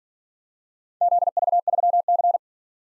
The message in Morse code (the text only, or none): ZV3C